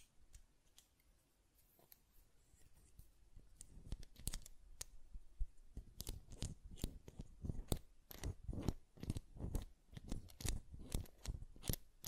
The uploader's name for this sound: Button Clicking and Tapping Sounds